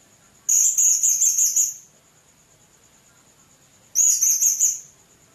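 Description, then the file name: Blue-crowned hanging parrot with two bursts of fast, high, scratchy trilled chirps, about a second each, separated by quiet. "serindit"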